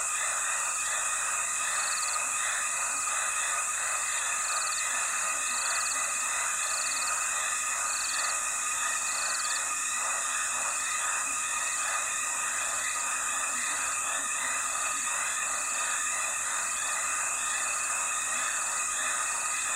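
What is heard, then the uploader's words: A dense, unbroken chorus of insects and frogs fills the air beside a dry riverbed at the start of the rainy season. High, steady whining tones sit over rapid, pulsing calls that repeat about every second, holding at an even level throughout. Durational audio recording of the sound environment around a dry stretch of the Limpopo River in South Africa at the beginning of the rainy season. The recording begins just before dusk and continues through late morning. Audio encoding: Stereo FLAC at 48kHz, 24bit.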